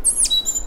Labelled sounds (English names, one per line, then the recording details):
Stitchbird song
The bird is a male
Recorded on Tiritiri Matangi Island, New Zealand, in 2005
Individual 1, of nest box 1